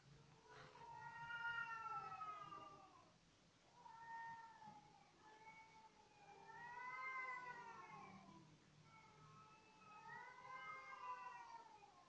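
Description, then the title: Cat giving a series of wavering, drawn-out meows, some rising then falling, over a faint low hum. Cat calling again on the roof of the recordist's house. "貓咪又來我們家的屋頂叫了"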